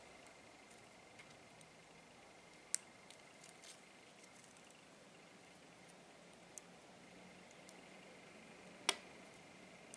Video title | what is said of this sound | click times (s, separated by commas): iPhone 6 Display Replacement by Dr. Smartphone | fold it back and you hear the clicking sound for the sensor going into the plastic frame | 2.7 s, 8.9 s